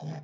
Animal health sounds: pig call; piglet (1 to 25 days)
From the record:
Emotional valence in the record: negative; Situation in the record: long isolation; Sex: female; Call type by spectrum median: low-frequency call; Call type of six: low-frequency stable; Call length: 0.24 s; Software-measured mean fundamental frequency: 51 Hz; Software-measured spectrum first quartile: 154 Hz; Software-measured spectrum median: 248 Hz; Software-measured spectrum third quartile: 791 Hz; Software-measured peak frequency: 155 Hz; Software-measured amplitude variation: 110 dB a second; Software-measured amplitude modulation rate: 14.7 a second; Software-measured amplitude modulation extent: 7.5 dB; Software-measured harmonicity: 6.8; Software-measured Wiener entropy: -0.97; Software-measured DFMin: 689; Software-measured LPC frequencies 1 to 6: 697, 1791, 3243, 3795, 5074, 5851 Hz

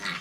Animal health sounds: pig call; piglet (1 to 25 days)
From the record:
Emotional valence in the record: negative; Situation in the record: castration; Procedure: castration, shear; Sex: male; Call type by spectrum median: low-frequency call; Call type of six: low-frequency tonal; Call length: 0.21 s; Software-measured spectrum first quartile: 1454 Hz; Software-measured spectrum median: 2175 Hz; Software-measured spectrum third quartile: 3578 Hz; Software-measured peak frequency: 1951 Hz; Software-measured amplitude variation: 125 dB a second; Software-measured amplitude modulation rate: 16.9 a second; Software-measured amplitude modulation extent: 7.4 dB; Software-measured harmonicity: -0.8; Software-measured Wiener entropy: -0.95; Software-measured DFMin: 795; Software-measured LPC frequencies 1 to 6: 1320, 1989, 3800, 4414, 6127, 7525 Hz

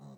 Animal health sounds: pig call; piglet (1 to 25 days)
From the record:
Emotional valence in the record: negative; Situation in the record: short isolation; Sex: female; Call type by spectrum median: low-frequency call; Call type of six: low-frequency stable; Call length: 0.18 s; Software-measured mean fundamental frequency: 70 Hz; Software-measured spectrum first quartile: 164 Hz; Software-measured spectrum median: 255 Hz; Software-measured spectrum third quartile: 779 Hz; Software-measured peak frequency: 140 Hz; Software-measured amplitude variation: 90 dB a second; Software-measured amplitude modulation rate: 24.8 a second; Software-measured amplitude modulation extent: 3.6 dB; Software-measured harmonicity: 0.6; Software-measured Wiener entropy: -0.35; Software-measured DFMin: 941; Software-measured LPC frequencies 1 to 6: 3952, 5001, 5867, 6720, 7909, 8927 Hz

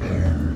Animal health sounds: pig call; growing-finishing pig (85 days or more)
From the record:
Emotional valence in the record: negative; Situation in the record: barren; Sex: female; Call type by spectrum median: low-frequency call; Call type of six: low-frequency stable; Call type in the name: low-frequency stable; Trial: 1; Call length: 0.56 s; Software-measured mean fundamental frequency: 44 Hz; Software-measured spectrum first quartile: 85 Hz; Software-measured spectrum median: 152 Hz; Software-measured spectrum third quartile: 355 Hz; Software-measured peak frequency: 86 Hz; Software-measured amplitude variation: 142 dB a second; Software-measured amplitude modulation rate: 29.5 a second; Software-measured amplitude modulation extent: 4.8 dB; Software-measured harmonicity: -1.1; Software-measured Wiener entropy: -1.05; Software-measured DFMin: 929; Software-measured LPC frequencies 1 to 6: 1600, 2262, 4286, 5641, 6384, 7218 Hz

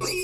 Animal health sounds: pig call; weaner (32 to 43 days)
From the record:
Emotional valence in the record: negative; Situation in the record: novel object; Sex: female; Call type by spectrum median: high-frequency call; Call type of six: high-frequency stable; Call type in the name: high-frequency stable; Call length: 0.24 s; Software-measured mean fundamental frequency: 400 Hz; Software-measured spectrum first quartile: 514 Hz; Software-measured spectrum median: 2400 Hz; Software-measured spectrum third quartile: 5100 Hz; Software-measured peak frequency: 368 Hz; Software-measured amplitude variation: 80 dB a second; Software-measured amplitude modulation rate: 18.9 a second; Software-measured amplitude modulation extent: 4.3 dB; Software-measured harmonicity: 6.2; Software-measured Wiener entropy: -3.16

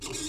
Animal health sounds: pig call; weaner (32 to 43 days)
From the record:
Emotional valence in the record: negative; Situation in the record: novel object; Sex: female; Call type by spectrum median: high-frequency call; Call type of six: high-frequency stable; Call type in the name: high-frequency stable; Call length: 0.28 s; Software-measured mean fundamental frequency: 397 Hz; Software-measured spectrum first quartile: 624 Hz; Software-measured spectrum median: 3425 Hz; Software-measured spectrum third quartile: 6429 Hz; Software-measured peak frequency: 307 Hz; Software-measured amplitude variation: 113 dB a second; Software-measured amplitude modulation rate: 19.4 a second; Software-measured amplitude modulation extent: 5.8 dB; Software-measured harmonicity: 1.5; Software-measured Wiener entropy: -1.72

